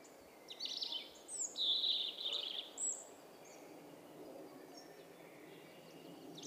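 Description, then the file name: European robin song: one fairly faint phrase of high warbled and slurred notes, then steady background hiss. "Erithacus rubecula"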